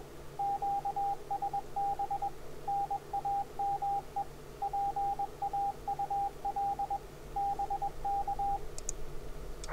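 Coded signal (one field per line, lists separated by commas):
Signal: Morse code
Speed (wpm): 21 wpm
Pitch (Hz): 800 Hz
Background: radio noise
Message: QSB NAME PAUL BK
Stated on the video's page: Keyboard-sent CW from software for an on-air ragchew QSO, at speeds up to 25 wpm and higher.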